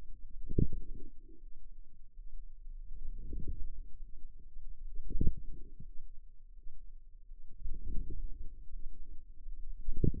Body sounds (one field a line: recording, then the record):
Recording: forearm muscle sounds (acoustic myography)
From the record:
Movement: outward rotation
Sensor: system 2, bracelet of six BSWA MPA416 microphones around the upper forearm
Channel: 2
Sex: female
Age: 23 years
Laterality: right